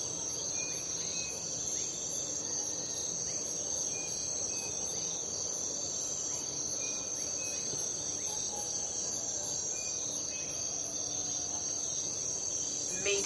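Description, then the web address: Crickets chirping: sharp high pulses repeated at a regular pace over a steady shrill trill. At night. "the sound pack tree. night crickets and birds"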